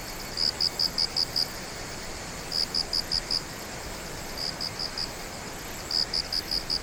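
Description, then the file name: Insect song: short bursts of about five sharp, high pulsed chirps, each burst repeated roughly every two seconds over a faint steady hiss. "singing of insect"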